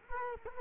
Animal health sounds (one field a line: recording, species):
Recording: mosquito wingbeat signal from an infrared sensor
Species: Culex quinquefasciatus